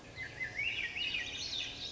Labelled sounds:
Swainson's Thrush
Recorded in Sonoma County, California

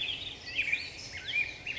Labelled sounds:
Black-headed Grosbeak
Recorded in Sonoma County, California

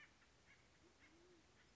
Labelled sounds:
Band-tailed Pigeon
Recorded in Sonoma County, California

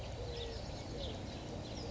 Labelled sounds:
California Quail
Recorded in Sonoma County, California

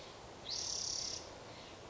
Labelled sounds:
Spotted Towhee
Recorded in Sonoma County, California

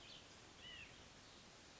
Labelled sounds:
White-breasted Nuthatch
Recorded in Sonoma County, California

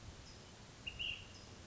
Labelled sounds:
Ash-throated Flycatcher
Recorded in Sonoma County, California

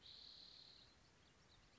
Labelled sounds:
Spotted Towhee
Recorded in Sonoma County, California

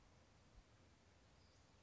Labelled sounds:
Western Flycatcher
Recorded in Sonoma County, California

